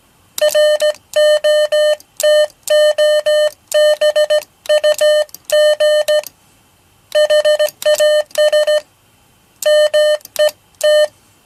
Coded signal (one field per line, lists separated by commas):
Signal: Morse code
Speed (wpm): 15 wpm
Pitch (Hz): 600 Hz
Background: none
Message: ROTOBUG HAS MET